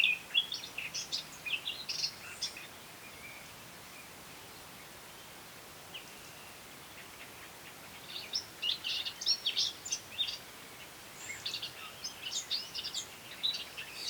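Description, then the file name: Eurasian blackcap warbling in two separate scratchy bursts, with a quiet gap between them and constant background hiss. "Sylvia atricapilla"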